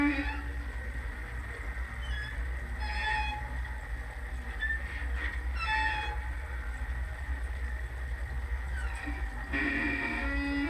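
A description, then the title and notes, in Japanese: At a floating pier, a steady deep engine-like rumble runs underneath the whole time, with a busy wash of waterside noise above it. Brief high chirps and short whistling tones come through around three, six and ten seconds. ぷかりさん橋（HPL2 バイノーラル）。マイクロフォン：JrF microphones STANDARD HYDROPHONE ×2、CURRENT CSP906 ×2（ABステレオ）。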